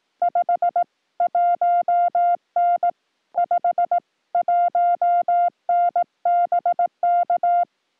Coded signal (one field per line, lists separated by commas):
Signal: Morse code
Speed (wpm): 18 wpm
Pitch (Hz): 700 Hz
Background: music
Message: 51N 51N BK